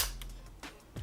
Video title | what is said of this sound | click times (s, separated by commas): What’s in my Louis Vuitton 6 Key Holder Wallet - Wear and Tear - Unboxing - Why I love it - | it back in and then you'll hear like a click like that and then you know it's secure on | 0.2 s